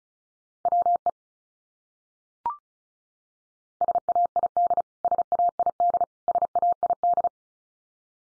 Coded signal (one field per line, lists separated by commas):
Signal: Morse code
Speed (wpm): 34 wpm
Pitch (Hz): 700 Hz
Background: none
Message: WE SAID SAID SAID